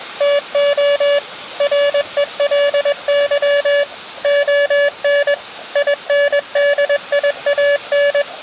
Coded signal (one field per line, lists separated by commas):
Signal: Morse code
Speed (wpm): 21 wpm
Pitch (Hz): 570 Hz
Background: none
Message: TO RELY ON INDIAN